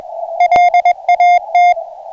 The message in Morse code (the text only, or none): LAT